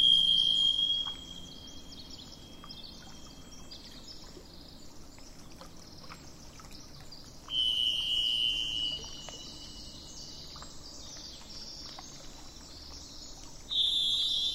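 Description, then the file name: Thrush song in three separate whistled phrases, pure and ringing with pauses between, set against constant low traffic and truck noise. Recorded 27 April 2004, with truck noise in the background. "040427-thrushandtrucks"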